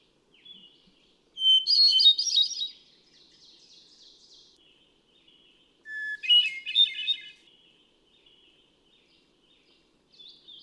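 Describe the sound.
Hermit thrush song: two prominent phrases, each a clean opening whistle followed by a rich, ringing cascade of notes, then softer trailing warbles and pauses.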